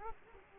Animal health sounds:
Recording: mosquito wingbeat signal from an infrared sensor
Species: Culex quinquefasciatus

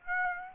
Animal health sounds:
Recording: mosquito wingbeat signal from an infrared sensor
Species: Aedes aegypti

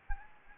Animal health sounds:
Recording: mosquito wingbeat signal from an infrared sensor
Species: Anopheles gambiae

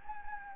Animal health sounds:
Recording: mosquito wingbeat signal from an infrared sensor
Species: Anopheles gambiae

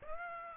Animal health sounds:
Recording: mosquito wingbeat signal from an infrared sensor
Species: Aedes aegypti

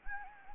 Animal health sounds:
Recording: mosquito wingbeat signal from an infrared sensor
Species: Anopheles gambiae

